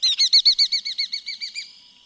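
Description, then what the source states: Bat Falcon calling, a rapid series of about a dozen sharp, high notes that weaken and fade toward the end. Bat falcon swooping in and landing on a bare branch at an escarpment clearing above tropical forest in northwestern Belize, in the morning.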